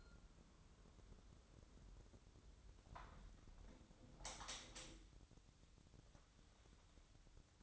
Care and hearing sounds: daily activity, microphone in the room; close window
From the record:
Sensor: 3

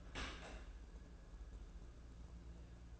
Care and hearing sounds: daily activity, microphone in the room; open dishwasher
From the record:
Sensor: 2

